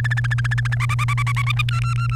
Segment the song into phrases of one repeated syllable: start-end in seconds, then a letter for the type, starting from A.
0.00-0.75 A, 0.80-1.62 B, 1.69-2.16 C